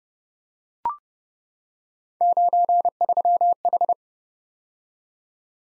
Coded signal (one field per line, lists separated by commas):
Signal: Morse code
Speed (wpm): 28 wpm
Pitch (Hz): 700 Hz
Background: none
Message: 93H